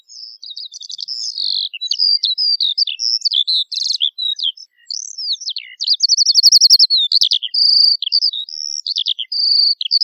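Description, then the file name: Eurasian skylark song: a rapid, nearly continuous stream of high chirps, trills and buzzy warbles, varied throughout. "allodola"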